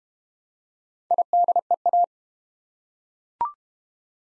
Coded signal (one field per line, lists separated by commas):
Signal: Morse code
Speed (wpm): 30 wpm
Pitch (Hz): 700 Hz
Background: none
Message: IDEA